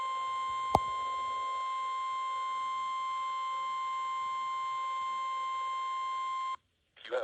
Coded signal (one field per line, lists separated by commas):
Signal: Emergency Alert System (SAME) tones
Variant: 1050 Hz attention tone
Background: speech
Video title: Noon and 7PM Required Weekly Tests from December 22nd 2021 (EAS#423-425)